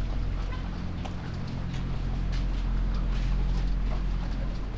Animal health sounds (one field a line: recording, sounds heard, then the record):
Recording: poultry house recording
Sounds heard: sick chickens (respiratory disease)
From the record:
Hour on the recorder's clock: 2